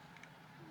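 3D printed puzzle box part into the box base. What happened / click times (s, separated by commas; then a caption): The plastic part snapped down into place / 0.2 s. A 3D printed plastic puzzle box part is pushed in at the bottom so it snaps down into the box base. Two small clicks come at 0.2 s and 0.2 s over a low, steady background hum. The part seats, pushed in to get the snap down.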